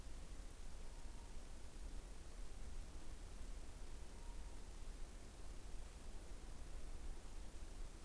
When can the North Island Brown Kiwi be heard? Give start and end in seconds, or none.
none